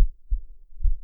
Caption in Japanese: お兄ちゃんの耳に私の胸押し当ててみました。 私の心臓の音。